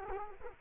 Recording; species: mosquito wingbeat signal from an infrared sensor; Culex quinquefasciatus